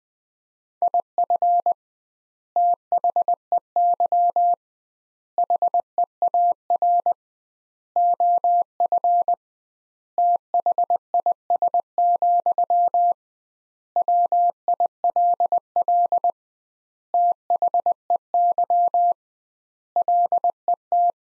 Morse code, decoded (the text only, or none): IF THEY HEAR OF THIS, WILL THEY LET